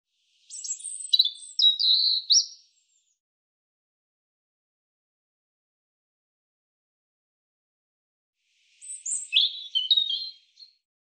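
European robin giving two short, high warbling phrases of sharp trills and thin whistles, separated by about six seconds of silence.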